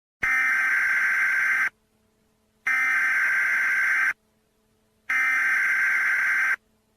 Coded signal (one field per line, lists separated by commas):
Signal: Emergency Alert System (SAME) tones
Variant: header bursts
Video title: SML wiki Lovell EAS scenario/ANALOG HORROR